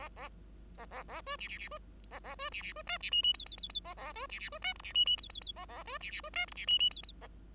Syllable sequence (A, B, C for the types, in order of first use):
A A A B C C C B A A B C C B D C E E F F F F A A B C C B D G C E E F F F A A B C C B D G C E E F F A